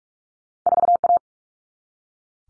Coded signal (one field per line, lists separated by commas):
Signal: Morse code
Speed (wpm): 44 wpm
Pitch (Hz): 700 Hz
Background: none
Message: 4A